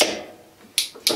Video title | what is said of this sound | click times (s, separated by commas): My Review of the Warco GH-1330 Lathe | everything clicks in with a nice positive | 0.8 s, 1.1 s